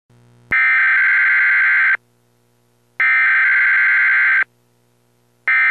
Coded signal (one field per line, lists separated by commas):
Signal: Emergency Alert System (SAME) tones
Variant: header bursts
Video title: EAS severe t'storm warning for arkansas county